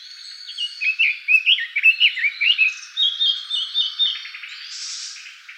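Bird calling with a rapid run of varied chirpy notes, bending up and down, then a softer buzzy stretch toward the end.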